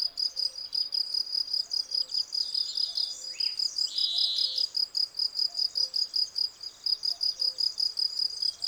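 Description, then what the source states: Field cricket chirping in a regular high-pitched rhythm. Several field crickets singing in a garden lawn at Val Maravel on 18 April 2020, for three days; freshly new wings give clear stridulation; Nagra Seven recorder with cardioid MKH40 microphone.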